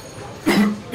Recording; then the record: coughing mixed with background sound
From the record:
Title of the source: Man Coughing Sound - Wet Cough Sound Effect